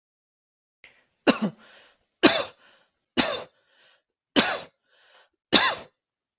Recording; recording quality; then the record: heavy voluntary cough; excellent, no background noise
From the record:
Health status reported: healthy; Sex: male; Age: 42 years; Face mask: not worn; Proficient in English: yes